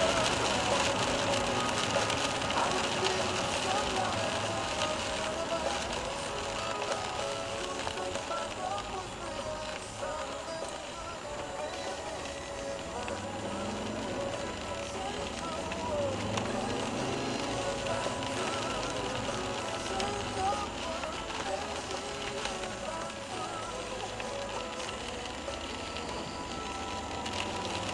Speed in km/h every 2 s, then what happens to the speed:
82, 71, 56, 41, 23, 12, 23, 33, 55, 47, 31, 22, 29, 38.
0-9 brakes to 12. 9-16 speeds up to 55. 16-21 brakes to 22. 21-28 speeds up to 38.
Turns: 8-14, 20-28.